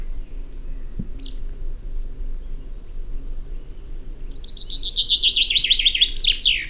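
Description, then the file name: Common chaffinch song: a fast series of bright notes that steps downward, over a constant low rumble; a click and a brief high note earlier. "Fringilla coelebs"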